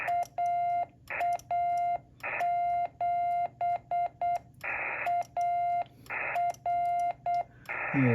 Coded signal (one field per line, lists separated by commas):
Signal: Morse code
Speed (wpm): 8 wpm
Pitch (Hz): 700 Hz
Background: radio noise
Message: AA7AR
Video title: Don’t sell your radio! Let’s get you on the air!!!